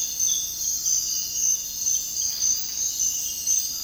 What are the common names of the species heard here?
none